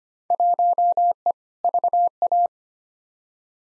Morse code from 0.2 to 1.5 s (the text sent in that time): 1E